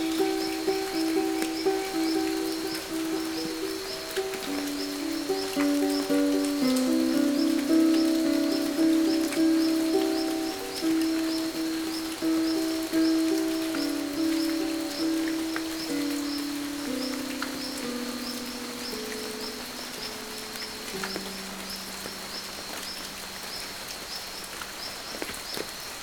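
Steady rain patters densely through a jungle morning, easing slightly toward the end. A low, hooting call repeats in stepped notes that drift gradually lower over the first twenty seconds, while a thin, pulsing insect buzz holds high above throughout.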